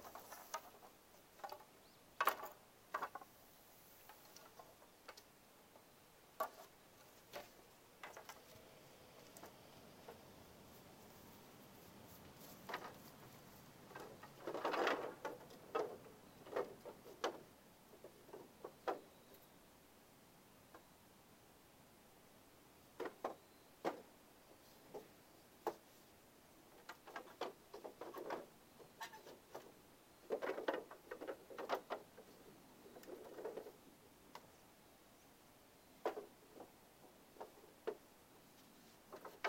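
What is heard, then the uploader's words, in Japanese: Dry wooden knocks and clacks land at irregular intervals over a quiet, faintly hissing background. The hits are sharp and brief, sometimes in quick clusters, with a few fuller, longer thuds around 15 and 31 seconds. 晴れ。夕方17時少し薄暗くなってきた。イネの天日干しの脱穀を終え、イネを干すために使った棒(ハゼ棒)を屋根の下に片付ける。乾いた木の音が心地よい。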